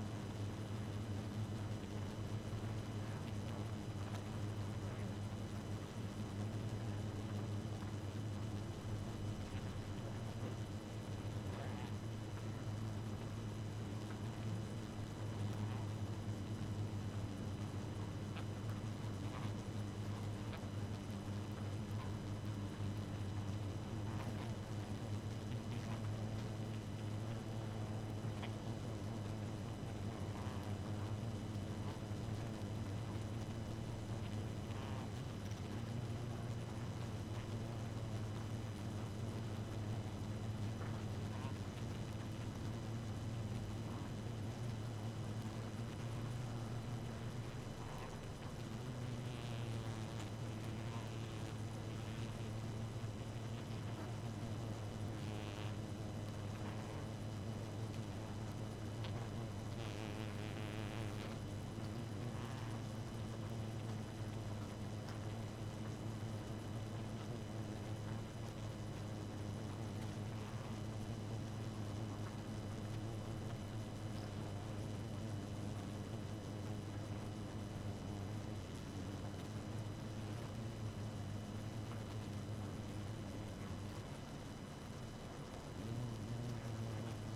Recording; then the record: honeybee colony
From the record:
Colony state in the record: active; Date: 12 June 2018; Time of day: 1:56